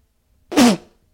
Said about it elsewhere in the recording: I'm gonna sneeze. Yep, that's my sneeze. It sounds like a car muffler being blown out of a 88 Chevy.